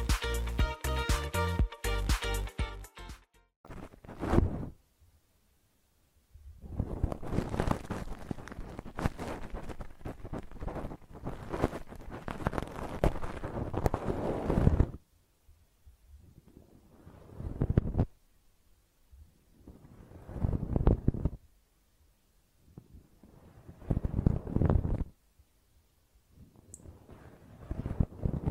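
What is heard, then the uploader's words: Close-up ear cleaning: after a brief tonal opening, loud scratchy rustling and rubbing arrive in bursts, a long stretch then shorter ones separated by silence. ASMR Personal Attention Close Up Ear Cleaning (No Talking).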